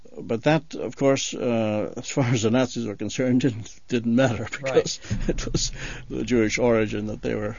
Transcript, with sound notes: but that, of course, uh, as far as the Nazis were concerned didn't, didn't matter (he laughs) because it was Jewish origin that they were